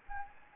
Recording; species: mosquito wingbeat signal from an infrared sensor; Anopheles gambiae